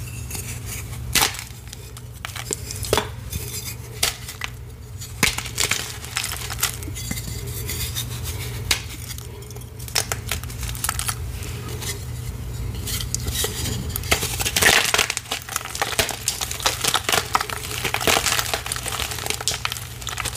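Wet gym chalk is crushed and mixed into a paste, giving a dense run of crackly, gritty crunches and sharp clicks with a few louder bursts near fifteen seconds. A steady low hum runs underneath the whole time.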